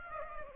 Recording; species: mosquito wingbeat signal from an infrared sensor; Aedes aegypti